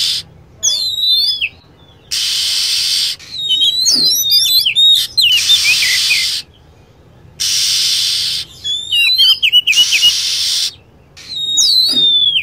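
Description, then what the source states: Lovebird calls, piercing downward-sweeping whistles and rapid twittering clusters, interleaved with repeated bursts of rushing hiss. Lure recording used to attract lovebirds.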